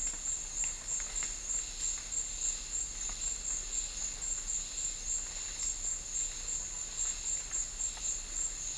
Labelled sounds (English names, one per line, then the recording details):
none
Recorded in dense forest near Puerto Asís, Putumayo, Colombia, on 21 December 2024 at 13:00
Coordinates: 0.484, -76.325
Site G056